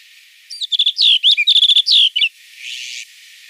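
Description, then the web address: Snow bunting singing one rapid, twittering phrase of clear, slurred whistles for nearly two seconds, then a brief hiss of noise. "Schulze Peter Snow Bunting song"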